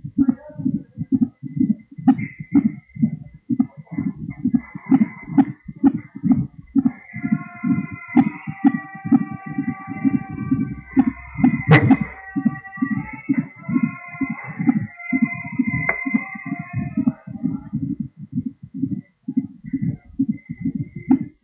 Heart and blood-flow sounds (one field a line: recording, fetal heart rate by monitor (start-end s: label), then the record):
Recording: fetal heart sounds by stethoscope on the mother's abdomen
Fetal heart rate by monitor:
0.00-10.00 s: 129 bpm
10.00-20.00 s: 132 bpm
From the record:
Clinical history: preeclampsia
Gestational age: 39 weeks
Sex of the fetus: boy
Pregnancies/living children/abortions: 4/1/2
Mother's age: 37 years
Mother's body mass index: 25.5